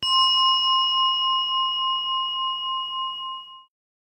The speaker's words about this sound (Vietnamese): Bây giờ các bạn, chúng ta sẽ ngồi nghe một tiếng chuông. Mình ngồi một phút thôi, xem thử cái đàn sâu của mình nó đang chạy ở đâu ha.